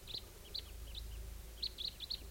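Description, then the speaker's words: Crossbill flight calls: several short, sharp high chips over a low, steady background rumble. Two crossbills flying around and passing right over the recordist, around 6 o'clock. "It's a crossbill. Two of them."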